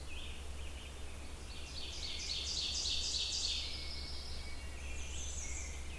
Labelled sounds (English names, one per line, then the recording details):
Ovenbird song
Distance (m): 50 m
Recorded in boreal forest in Alberta, Canada, on 27 June 2016 at 07:22
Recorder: SongMeter 3, array SBT-6-79
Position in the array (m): 42 m, 117 m
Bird 40